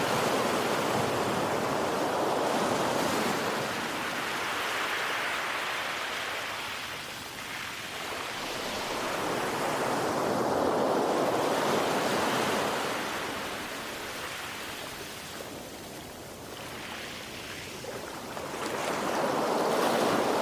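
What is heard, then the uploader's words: Ocean waves wash in a continuous hiss that swells and eases slowly, rising around two, ten and twenty seconds, with no other sounds. Ocean Sounds For Meditation, Sleep, Focus Or Stress Relief.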